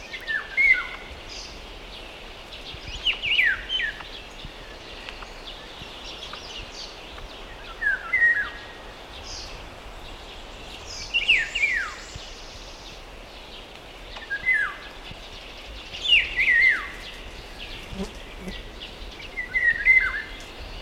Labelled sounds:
Eurasian Red Squirrel (Sciurus vulgaris) call
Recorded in the wild
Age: adult
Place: Bucher Wald, Berlin, DE
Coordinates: 52.65, 13.48
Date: 1965-06-06 12:30
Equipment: Uher 4200 Report Stereo, Sennheiser MD 421, Transistorverstärker
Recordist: Tembrock, Günter

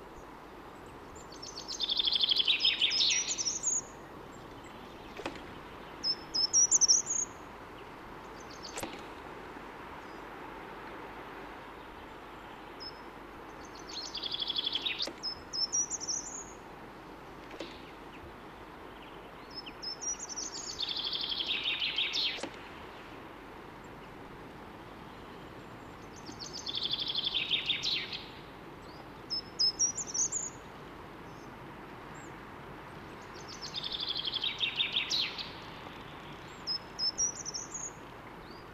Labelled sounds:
Short-toed Treecreeper (Certhia brachydactyla)
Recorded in the wild
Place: Kaiserslautern, Rheinland-Pfalz, DE
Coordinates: 49.4358, 7.8376
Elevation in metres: 292
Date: 1977-03-15
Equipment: Nagra IV, Sennheiser MKH 405, Parabolreflektor
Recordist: Tretzel, Erwin

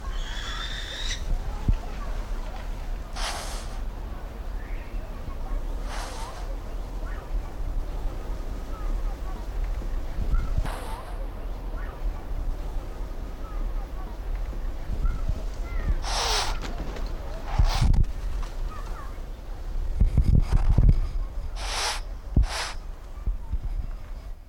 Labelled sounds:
Eurasian Eagle-owl (Bubo bubo)
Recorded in captivity
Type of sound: cry, aggressive call
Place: Timmendorfer Strand, Holsteinische Schweiz, Schleswig-Holstein, DE
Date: 1992-09-21 15:28
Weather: sonnig, 22°C
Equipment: Marantz CP 430, Sennheiser ME 80, Kopie Tesla B 116
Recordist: Tembrock, Günter
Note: Vogelpark Niendorf; B. b. bengalensis; Abwehrlaute (stimmhaft fauchend), Abstand 50 cm

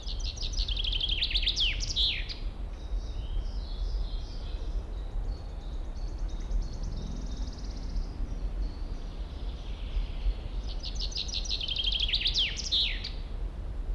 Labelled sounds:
Common Chaffinch (Fringilla coelebs)
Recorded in the wild
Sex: male
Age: adult
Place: Mühlenbecker Wald, Brandenburg, DE
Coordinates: 52.689, 13.356
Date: 1993-05-08 12:39
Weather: sonnig, ca. 23 °C
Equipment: Marantz CP 430, Sennheiser ME 80, Kopie Uher Variocord 263
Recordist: Tembrock, Günter

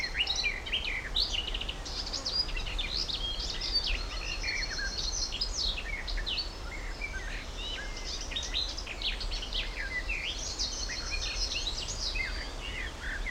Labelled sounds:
Garden Warbler (Sylvia borin)
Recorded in the wild
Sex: male
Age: adult
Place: Blankenfelde, Tegeler Fließ, Berlin, DE
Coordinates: 52.645, 13.395
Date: 1992-05-31 11:06
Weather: sonnig, 23-26°C
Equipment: Marantz CP 430, Sennheiser ME 80, K 30 AV, Kopie Tesla B 116
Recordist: Tembrock, Günter

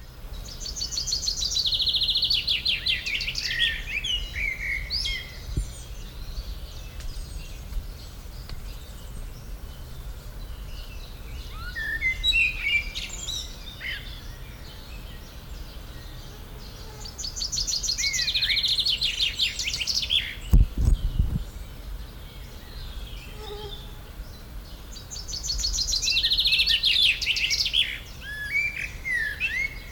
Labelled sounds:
Common Blackbird (Turdus merula) song
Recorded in the wild
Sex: male
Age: adult
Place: Potsdam-Telegrafenberg, Brandenburg, DE
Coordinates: 52.3814, 13.0644
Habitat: park
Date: 1996-06-07 19:30
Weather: sunny
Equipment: Sony MD-WM MZ-R3, Sennheiser MKH 416 T, Kopie Uher 4000 Report Monitor
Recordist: Tembrock, Günter

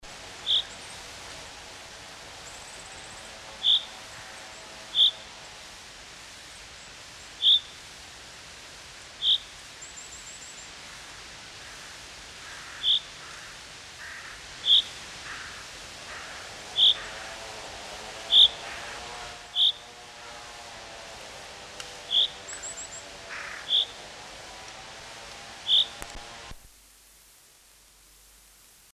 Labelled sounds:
Common Chaffinch (Fringilla coelebs) call, Carrion Crow (Corvus corone)
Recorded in the wild
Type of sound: call
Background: Corvus corone
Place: Oberstdorf, Bayern, DE
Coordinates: 47.4436, 10.2944
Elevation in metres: 849
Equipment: Uher 4000 Report
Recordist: Tretzel, Erwin
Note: Reichenbach bei Oberstdorf 1978: Rufe "rü"

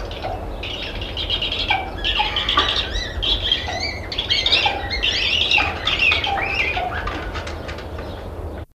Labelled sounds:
Fraser's Eagle-Owl (Bubo poensis) call
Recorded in captivity
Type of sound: call
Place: Zoo Antwerpen, Flandern, BE
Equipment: Halbspur, 9,5 cm/s
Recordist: Lütgens, Hans
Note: Kopula

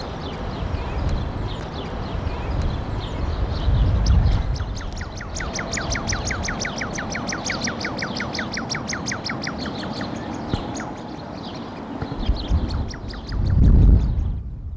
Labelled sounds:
Common Shelduck (Tadorna tadorna) call
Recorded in captivity
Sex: pair
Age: adult
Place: Zoo Leipzig, Sachsen, DE
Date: 1988-04-28 12:30
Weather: overcast, 12°C
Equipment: Nagra SN, Kopie Tesla B 116
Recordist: Tembrock, Günter

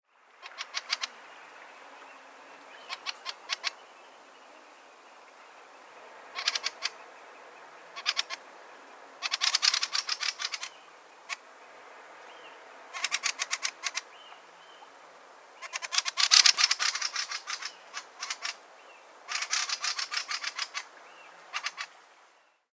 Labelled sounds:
Fieldfare (Turdus pilaris)
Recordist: Frommolt, Karl-Heinz
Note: Warnrufe am Nest

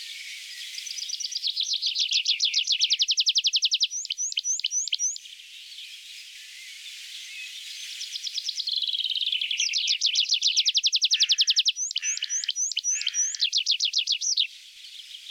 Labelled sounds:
Tree Pipit (Anthus trivialis) song
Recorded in the wild
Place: Kandel /Schwarzwald; Gemeinde Waldkirch, Baden-Württemberg, DE
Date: 1977-06-17
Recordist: Schwarz, Dieter
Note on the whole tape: Song

